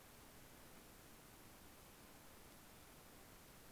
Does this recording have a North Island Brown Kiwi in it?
no